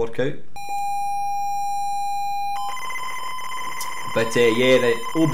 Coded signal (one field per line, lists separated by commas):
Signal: ZX Spectrum tape loading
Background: speech